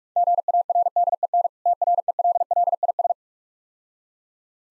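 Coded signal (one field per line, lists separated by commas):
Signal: Morse code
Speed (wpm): 44 wpm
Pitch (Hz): 700 Hz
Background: none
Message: GARDEN TRELLIS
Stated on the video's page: Morse code practice of difficult words at 45 wpm, with contextual hints.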